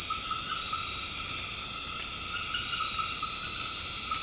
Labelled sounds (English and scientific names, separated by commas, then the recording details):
none
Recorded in dense forest near Puerto Asís, Putumayo, Colombia, on 24 March 2025 at 20:00
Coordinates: 0.485, -76.318
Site G056